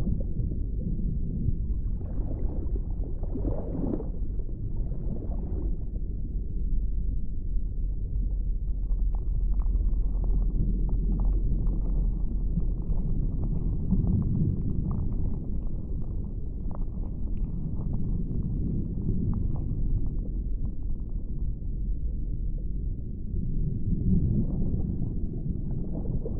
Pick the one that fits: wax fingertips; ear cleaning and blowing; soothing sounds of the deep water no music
soothing sounds of the deep water no music